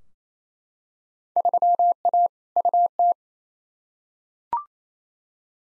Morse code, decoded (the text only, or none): 3A UT